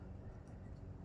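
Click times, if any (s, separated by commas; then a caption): none. A turn signal bulb holder on a 2018 Escape is handled as it is pushed toward its plastic clip behind the headlight housing. A steady low rumble of background noise is heard with no distinct click. Nothing has seated or clicked yet.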